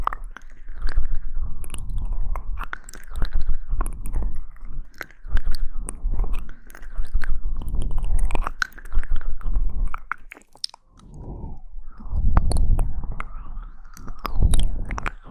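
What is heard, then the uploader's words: Wet mouth sounds: chewing and smacking that run almost continuously, with sharp clicks and crunchy snaps scattered throughout. The sound swells and dips in rough one- to two-second cycles, with a brief pause near ten seconds before the chewing resumes. The Ultimate Mouth Sounds.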